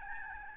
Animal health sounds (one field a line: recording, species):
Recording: mosquito wingbeat signal from an infrared sensor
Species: Aedes albopictus